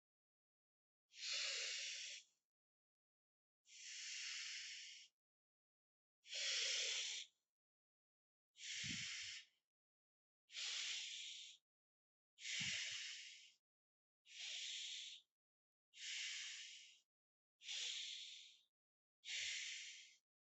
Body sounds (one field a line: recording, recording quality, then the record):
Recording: deep breathing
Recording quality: excellent, no background noise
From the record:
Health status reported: healthy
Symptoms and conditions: none ticked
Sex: male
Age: 23 years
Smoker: not ticked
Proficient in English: yes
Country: India